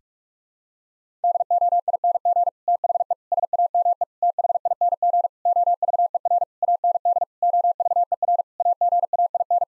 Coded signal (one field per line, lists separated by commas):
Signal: Morse code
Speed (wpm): 46 wpm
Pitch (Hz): 700 Hz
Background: none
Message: DOING THE SAME THING OVER AND OVER AGAIN